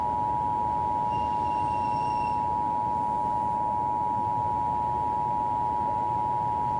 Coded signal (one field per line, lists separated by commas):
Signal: Emergency Alert System (SAME) tones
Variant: 853 and 960 Hz attention tone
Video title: (eas scenario recreation) THE ORPHAN SOURCE (i was lazy asf)